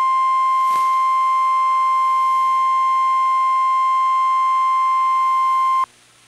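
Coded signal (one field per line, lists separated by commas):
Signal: Emergency Alert System (SAME) tones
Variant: 1050 Hz attention tone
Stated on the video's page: NOAA Weather Radio tornado warning from the Minneapolis station.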